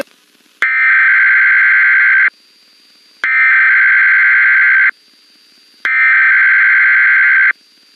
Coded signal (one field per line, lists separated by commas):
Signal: Emergency Alert System (SAME) tones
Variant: header bursts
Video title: EAS Warning Interrupts Baby Looney Tunes